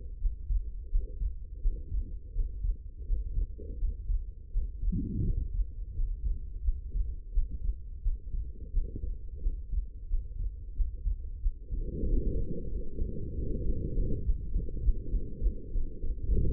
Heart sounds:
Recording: heart sounds by stethoscope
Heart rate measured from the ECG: 89 bpm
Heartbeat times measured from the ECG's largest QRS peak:
0.20 s: heartbeat
0.90 s: heartbeat
1.61 s: heartbeat
2.34 s: heartbeat
3.06 s: heartbeat
3.78 s: heartbeat
4.52 s: heartbeat
5.23 s: heartbeat
5.94 s: heartbeat
6.63 s: heartbeat
7.32 s: heartbeat
8.02 s: heartbeat
8.72 s: heartbeat
9.41 s: heartbeat
10.08 s: heartbeat
10.75 s: heartbeat
11.41 s: heartbeat
12.06 s: heartbeat
12.70 s: heartbeat
13.33 s: heartbeat
13.93 s: heartbeat
14.51 s: heartbeat
15.09 s: heartbeat
15.71 s: heartbeat
16.38 s: heartbeat
From the record:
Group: healthy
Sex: female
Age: 19 years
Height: 163 cm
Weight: 51 kg

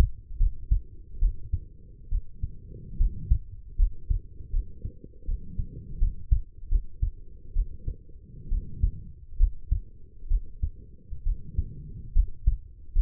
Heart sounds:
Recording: heart sounds by stethoscope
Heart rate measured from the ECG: 72 bpm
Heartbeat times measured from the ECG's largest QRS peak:
0.37 s: heartbeat
1.19 s: heartbeat
2.09 s: heartbeat
2.97 s: heartbeat
3.76 s: heartbeat
4.50 s: heartbeat
5.25 s: heartbeat
5.99 s: heartbeat
6.69 s: heartbeat
7.53 s: heartbeat
8.49 s: heartbeat
9.37 s: heartbeat
10.28 s: heartbeat
11.23 s: heartbeat
12.13 s: heartbeat
12.93 s: heartbeat
From the record:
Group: healthy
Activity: rest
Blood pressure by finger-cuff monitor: 116/76 mmHg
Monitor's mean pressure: 87 mmHg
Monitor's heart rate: 76 bpm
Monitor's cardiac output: 5.8 L/min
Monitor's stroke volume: 77 mL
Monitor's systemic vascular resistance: 1080 dyn s/cm5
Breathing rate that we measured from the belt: 20 breaths a minute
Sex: female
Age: 23 years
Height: 160 cm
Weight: 50.4 kg

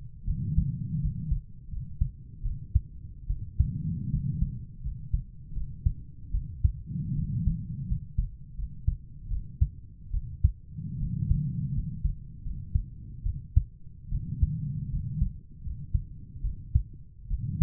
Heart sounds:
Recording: heart sounds by stethoscope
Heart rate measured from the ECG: 78 bpm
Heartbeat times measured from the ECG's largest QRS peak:
0.26 s: heartbeat
1.01 s: heartbeat
1.70 s: heartbeat
2.44 s: heartbeat
3.28 s: heartbeat
4.11 s: heartbeat
4.83 s: heartbeat
5.54 s: heartbeat
6.33 s: heartbeat
7.16 s: heartbeat
7.88 s: heartbeat
8.56 s: heartbeat
9.30 s: heartbeat
10.12 s: heartbeat
10.99 s: heartbeat
11.74 s: heartbeat
12.43 s: heartbeat
13.25 s: heartbeat
14.11 s: heartbeat
14.90 s: heartbeat
15.63 s: heartbeat
16.43 s: heartbeat
17.29 s: heartbeat
From the record:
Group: healthy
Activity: rest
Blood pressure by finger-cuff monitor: 136/67 mmHg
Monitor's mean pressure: 86 mmHg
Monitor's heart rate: 77 bpm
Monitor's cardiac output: 7.5 L/min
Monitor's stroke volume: 94 mL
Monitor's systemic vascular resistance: 860 dyn s/cm5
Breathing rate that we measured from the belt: 18 breaths a minute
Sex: female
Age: 22 years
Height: 160 cm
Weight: 63 kg

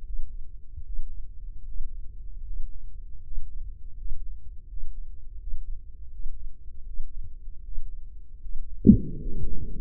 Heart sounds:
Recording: heart sounds by microphone in the right ear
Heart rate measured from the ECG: 79 bpm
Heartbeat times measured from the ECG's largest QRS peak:
0.03 s: heartbeat
0.83 s: heartbeat
1.64 s: heartbeat
2.43 s: heartbeat
3.22 s: heartbeat
3.95 s: heartbeat
4.67 s: heartbeat
5.37 s: heartbeat
6.09 s: heartbeat
6.84 s: heartbeat
7.62 s: heartbeat
8.39 s: heartbeat
9.17 s: heartbeat
From the record:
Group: healthy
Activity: Valsalva maneuver 0-9 s, rest 9-10 s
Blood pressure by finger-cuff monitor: 133/74 mmHg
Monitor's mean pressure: 87 mmHg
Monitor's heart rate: 77 bpm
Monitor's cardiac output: 6.9 L/min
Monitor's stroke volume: 88 mL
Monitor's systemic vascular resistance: 910 dyn s/cm5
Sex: male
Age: 23 years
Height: 179 cm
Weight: 87 kg

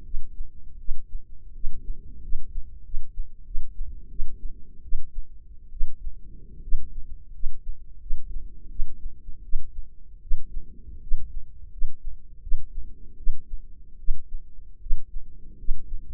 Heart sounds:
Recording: heart sounds by microphone in the left ear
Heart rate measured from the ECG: 81 bpm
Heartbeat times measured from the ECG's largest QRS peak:
0.04 s: heartbeat
0.79 s: heartbeat
1.53 s: heartbeat
2.21 s: heartbeat
2.83 s: heartbeat
3.44 s: heartbeat
4.09 s: heartbeat
4.82 s: heartbeat
5.71 s: heartbeat
6.61 s: heartbeat
7.32 s: heartbeat
7.99 s: heartbeat
8.69 s: heartbeat
9.42 s: heartbeat
10.21 s: heartbeat
11.00 s: heartbeat
11.70 s: heartbeat
12.41 s: heartbeat
13.16 s: heartbeat
13.98 s: heartbeat
14.80 s: heartbeat
15.57 s: heartbeat
From the record:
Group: healthy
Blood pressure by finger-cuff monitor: 100/54 mmHg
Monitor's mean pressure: 68 mmHg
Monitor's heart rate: 81 bpm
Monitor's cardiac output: 7.7 L/min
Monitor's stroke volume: 92 mL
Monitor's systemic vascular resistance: 650 dyn s/cm5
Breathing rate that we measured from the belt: 13 breaths a minute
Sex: female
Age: 22 years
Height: 157 cm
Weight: 47.6 kg

